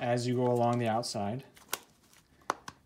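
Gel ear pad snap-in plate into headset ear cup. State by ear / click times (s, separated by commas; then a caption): seated / 1.7 s, 2.5 s. Someone talks while pushing the plastic snap-in plate of a SightLines gel ear pad around its perimeter into a Walker's Game Ear headset ear cup, which takes a little effort. Sharp snaps ring out at 1.7 s and 2.5 s, with a fainter tick just after, as the plate clicks in and the pad is seated.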